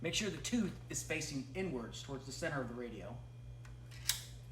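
Someone talks while a thin metal removal key, its tooth facing inward toward the center of the radio, is pushed into the slot on one side of a car radio. A faint tick comes at about 3.6 s, then a sharp click at 4.1 s as the key catches the radio's retaining release lever, releasing it, over a steady low hum.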